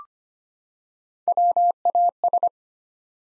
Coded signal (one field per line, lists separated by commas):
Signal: Morse code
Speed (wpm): 25 wpm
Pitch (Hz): 700 Hz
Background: none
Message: WAS